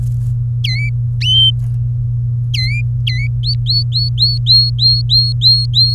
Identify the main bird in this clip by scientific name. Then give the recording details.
Serinus canaria. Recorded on 23 April 2018 at 16:17. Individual llb3